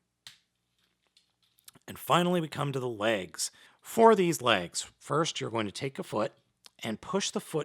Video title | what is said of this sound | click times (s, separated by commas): Transformers Siege: Leader Class ASTROTRAIN | and flip that up until it snaps up against the abdomen. | 0.3 s